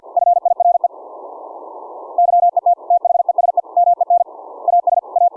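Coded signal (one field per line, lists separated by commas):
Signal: Morse code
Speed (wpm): 50 wpm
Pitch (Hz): 700 Hz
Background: none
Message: FIRE YET THESE MEN AS A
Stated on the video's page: CW sent from a CW keyboard, keying a rig through an audio-derived keying circuit on a breadboard, in a test of keying at different audio volumes.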